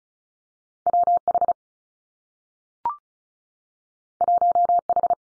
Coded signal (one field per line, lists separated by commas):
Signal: Morse code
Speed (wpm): 36 wpm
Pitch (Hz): 700 Hz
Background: none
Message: W H 1 H